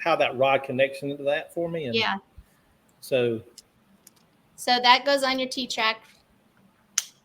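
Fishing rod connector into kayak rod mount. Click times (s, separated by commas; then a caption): 7.0 s. A fishing rod's connector fitting is pushed into its magnetic mount on a kayak while people talk. After a pause, a sharp click at 6.98 s (about 7.0 s) marks the connector snapping in and seating.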